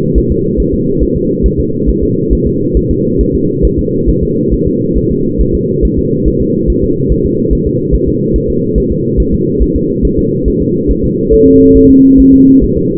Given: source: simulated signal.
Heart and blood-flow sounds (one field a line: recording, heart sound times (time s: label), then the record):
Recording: fetal heart sounds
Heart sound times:
0.18 s: S1
0.32 s: S2
0.60 s: S1
0.74 s: S2
1.03 s: S1
1.17 s: S2
1.46 s: S1
1.60 s: S2
1.89 s: S1
2.03 s: S2
2.33 s: S1
2.47 s: S2
2.77 s: S1
2.91 s: S2
3.21 s: S1
3.35 s: S2
3.65 s: S1
3.79 s: S2
4.09 s: S1
4.23 s: S2
4.53 s: S1
4.67 s: S2
4.98 s: S1
5.12 s: S2
5.41 s: S1
5.55 s: S2
5.85 s: S1
5.99 s: S2
6.28 s: S1
6.42 s: S2
6.70 s: S1
6.84 s: S2
7.12 s: S1
7.26 s: S2
7.53 s: S1
7.67 s: S2
7.94 s: S1
8.08 s: S2
8.36 s: S1
8.50 s: S2
8.78 s: S1
8.92 s: S2
9.20 s: S1
9.34 s: S2
9.62 s: S1
9.76 s: S2
10.05 s: S1
10.19 s: S2
10.48 s: S1
10.62 s: S2
10.91 s: S1
11.05 s: S2
11.34 s: S1
11.47 s: S2
11.77 s: S1
11.91 s: S2
12.20 s: S1
12.34 s: S2
12.64 s: S1
12.78 s: S2
From the record:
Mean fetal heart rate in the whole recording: 140 bpm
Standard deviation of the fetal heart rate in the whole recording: 2 bpm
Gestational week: 34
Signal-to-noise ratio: -11.2 dB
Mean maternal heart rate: 72 bpm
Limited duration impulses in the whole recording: present